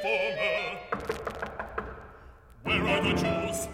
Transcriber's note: sound of knocking